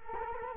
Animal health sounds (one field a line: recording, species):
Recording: mosquito wingbeat signal from an infrared sensor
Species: Culex quinquefasciatus